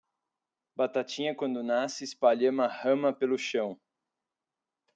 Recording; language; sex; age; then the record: short text; Brazilian Portuguese; male; 30 to 39 years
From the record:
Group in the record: control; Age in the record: 32 years